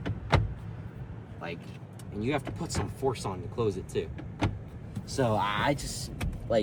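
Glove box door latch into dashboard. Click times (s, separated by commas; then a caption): 0.3 s. The plastic glove box door of a 2026 Tesla Model S is pushed shut into the dashboard, and its mechanical latch, a plain latch rather than a magnet, clicks as it catches at 0.3 s. Closing it takes some force. Someone talks afterward, and the latch is seated.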